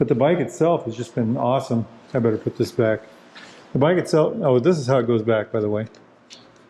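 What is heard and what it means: Someone talks while handling an old Garmin Zumo GPS navigator, getting ready to put it back into its handlebar mount cradle on a Royal Enfield Himalayan motorcycle. A faint, short knock is heard at about 6.3 seconds after the talking stops. The unit has not yet snapped or seated into the cradle by the end of the clip.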